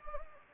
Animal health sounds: mosquito wingbeat signal from an infrared sensor; Anopheles gambiae

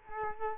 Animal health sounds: mosquito wingbeat signal from an infrared sensor; Culex quinquefasciatus

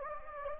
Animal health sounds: mosquito wingbeat signal from an infrared sensor; Anopheles gambiae

